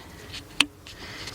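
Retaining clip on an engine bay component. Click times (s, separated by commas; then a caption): 0.6 s. During intake manifold work on a 3.4 V6 in a 2004 Chevy Monte Carlo, a retaining clip on an engine bay component is pushed back onto its part by hand. A single sharp click sounds at 0.6 s over a quiet background, and the clip is seated.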